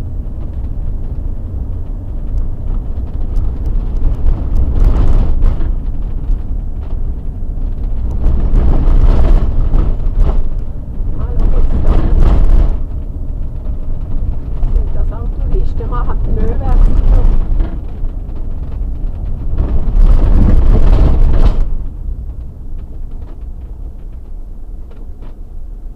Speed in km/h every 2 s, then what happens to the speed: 24, 27, 27, 27, 25, 25, 25, 27, 27, 27, 22, 0, 0.
0-18 steady at about 27. 18-22 brakes to 0. 22-26 standing.